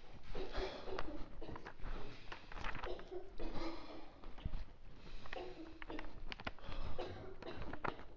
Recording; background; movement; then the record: deep breathing; a bystander coughing; walking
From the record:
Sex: male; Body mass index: 23.7 kg/m2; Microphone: on the chest, facing outward